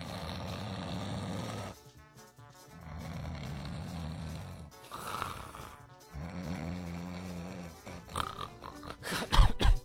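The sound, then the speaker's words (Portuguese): A voice imitates the way cartoon characters snore: long, rumbling inhaled snores alternating with brief breathy whistles, repeated about three times, ending in louder, sharp noisy bursts. “Porque quando você vai assistir um desenho, geralmente o personagem ele ronca assim.”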